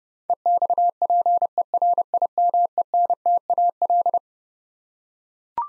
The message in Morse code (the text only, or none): EXPERIMENTAL